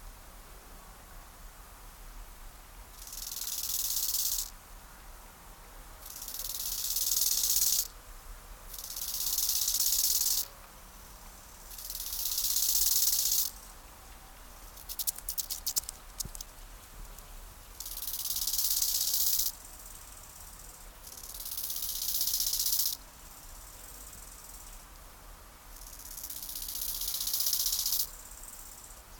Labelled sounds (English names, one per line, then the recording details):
Bow-winged Grasshopper stridulation
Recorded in the wild
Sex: pair
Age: imago
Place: Lienen, Nordrhein-Westfalen, DE
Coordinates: 52.145, 7.974
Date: 1991-09-14 17:45
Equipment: Marantz, Sennheiser ME 80, Kopie Tesla B 116
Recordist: Tembrock, Günter